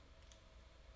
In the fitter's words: that's always been the issue is making sure that this goes in to see that you hear that click that's